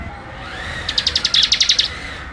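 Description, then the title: Bird gives a single rapid trill of about a dozen high, clipped notes lasting around one second, with a faint lower tone behind it. "SuaraBurung Kicau1"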